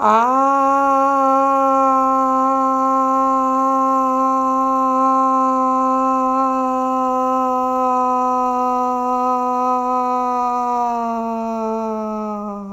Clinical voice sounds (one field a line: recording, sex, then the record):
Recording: sustained vowel /a/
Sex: female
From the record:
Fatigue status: no fatigue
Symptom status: asymptomatic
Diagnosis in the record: COVID-19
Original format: m4a